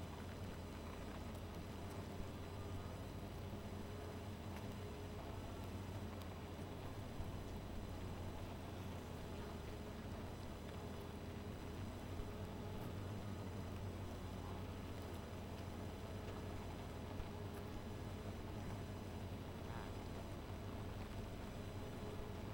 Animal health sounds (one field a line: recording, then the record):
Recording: honeybee colony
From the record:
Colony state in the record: missing queen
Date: 14 July 2017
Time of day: 1:12